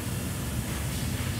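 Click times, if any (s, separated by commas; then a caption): none. A terminal block connector is tilted in at the bottom and rolled up into a Siemens 1215 PLC, but it fails to snap home. Only steady broadband hiss with a low rumble is heard, with no sharp sounds. Nothing has seated or clicked yet.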